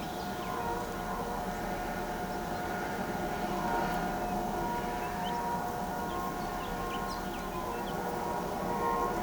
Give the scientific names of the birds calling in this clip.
none